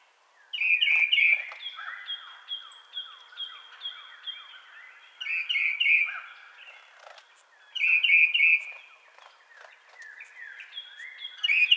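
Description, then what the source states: Tufted titmouse giving clear whistled phrases of three or four quick slurred notes, repeated at intervals of a few seconds, over a background of softer chattering bird notes. Recorded on 24 March 2007.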